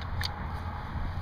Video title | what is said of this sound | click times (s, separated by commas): Desert Tactical Arms barrel change. | Pull it up till it clicks. There you go. | 0.2 s